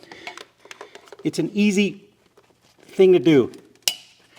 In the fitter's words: Just like that, you hear a click, and it's in there.